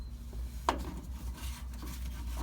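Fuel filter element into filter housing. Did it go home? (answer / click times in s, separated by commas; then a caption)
yes / 0.7 s. A new diesel fuel filter element is pushed gently by hand, not forced, into its filter housing on a 2015 Ram EcoDiesel. Over faint rubbing, a single loud, sharp snap at 0.7 s marks the element seating in the housing, followed by a much fainter tap around 1.7 s.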